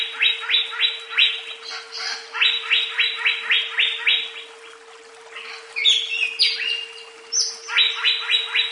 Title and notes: CCKIJDaunKecil. Cucak Ijo